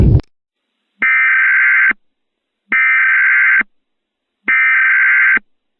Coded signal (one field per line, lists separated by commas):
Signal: Emergency Alert System (SAME) tones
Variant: header bursts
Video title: EAS Mock: Moon Apocalypse